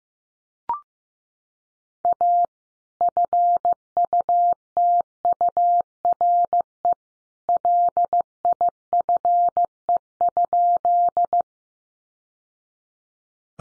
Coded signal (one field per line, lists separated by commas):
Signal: Morse code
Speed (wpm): 15 wpm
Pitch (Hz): 700 Hz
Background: none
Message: A FUTURE LIFE?